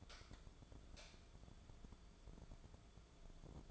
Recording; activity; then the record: daily activity, microphone in the room; light on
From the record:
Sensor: 5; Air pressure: 1010.4 hPa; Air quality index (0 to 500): 119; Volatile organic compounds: 2 ppm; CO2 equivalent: 1171 ppm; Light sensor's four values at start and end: 462/1185/489/549 and 464/1193/492/553